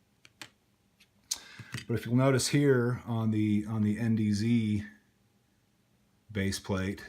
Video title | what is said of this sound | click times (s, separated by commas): Review: NDZ Performance +2 mag extension for M&P Shield 9mm | slide that on it clicks in place no problem but | 1.3 s